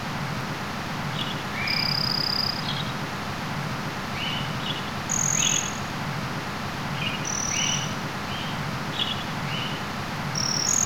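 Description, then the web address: Birds calling with short high whistled notes and brief chirps, scattered throughout and a few notes rising, over a steady loud hiss of background noise. "sound ottelo birds"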